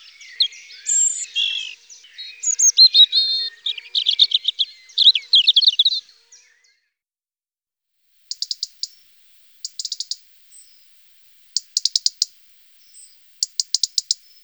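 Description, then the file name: European robin song: six seconds of rich, rapid warbling, followed by four brief, very high ticking bursts after short silent gaps. "Rotkehlchen"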